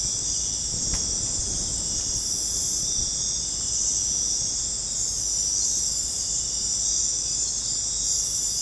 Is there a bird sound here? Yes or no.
no